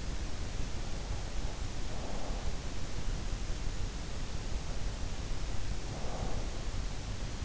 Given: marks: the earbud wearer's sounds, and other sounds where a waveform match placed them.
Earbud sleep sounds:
sounds in sleep by an in-ear microphone; breath
0.66-2.64 s: breath
4.10-6.67 s: breath

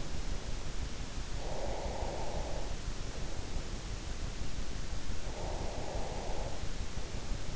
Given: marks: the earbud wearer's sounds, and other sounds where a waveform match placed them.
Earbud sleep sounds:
sounds in sleep by an in-ear microphone; breath
0.84-3.07 s: breath
5.14-6.56 s: breath

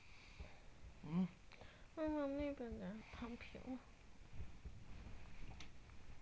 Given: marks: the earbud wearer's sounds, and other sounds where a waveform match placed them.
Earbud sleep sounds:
sounds in sleep by an in-ear microphone; talking in sleep
0.00-4.10 s: sound from someone else or the room
1.61-4.10 s: talking in sleep
4.15-5.91 s: sound from someone else or the room

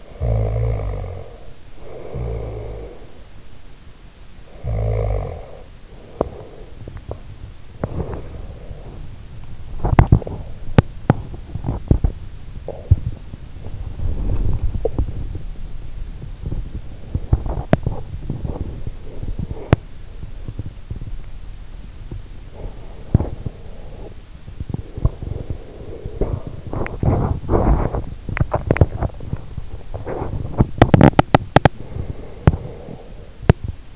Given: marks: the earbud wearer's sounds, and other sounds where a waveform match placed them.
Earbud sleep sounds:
sounds in sleep by an in-ear microphone; snoring breath, teeth grinding
0.00-3.46 s: snoring breath
4.37-5.98 s: snoring breath
5.98-33.96 s: teeth grinding

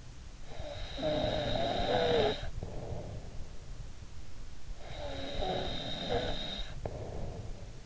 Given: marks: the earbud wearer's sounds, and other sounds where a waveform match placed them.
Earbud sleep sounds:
sounds in sleep by an in-ear microphone; snoring breath
0.03-3.60 s: snoring breath
4.46-7.86 s: snoring breath

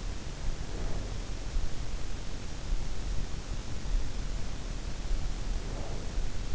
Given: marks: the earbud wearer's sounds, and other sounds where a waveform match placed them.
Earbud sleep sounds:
sounds in sleep by an in-ear microphone; breath
0.33-1.52 s: breath
5.45-6.55 s: breath

